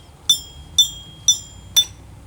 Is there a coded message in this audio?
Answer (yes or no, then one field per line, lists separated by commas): no